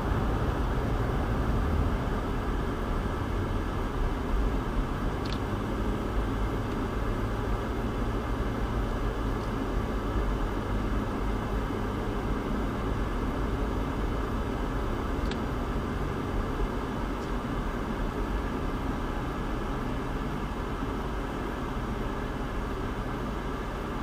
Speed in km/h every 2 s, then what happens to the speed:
31, 29, 29, 31, 34, 34, 34, 35, 31, 23, 16, 10.
0-14 steady at about 31. 14-24 slows to 10.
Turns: none.